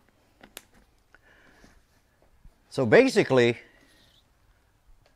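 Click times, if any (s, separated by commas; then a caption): 0.6 s. The strap of a Joby GorillaPod camera rig is fed through the loop of a kayak deck bag and locked into place. Faint ticks lead into a sharp snap-like click at 0.6 s, followed by light rustling. Someone then talks briefly as the strap mount sits locked on the deck bag.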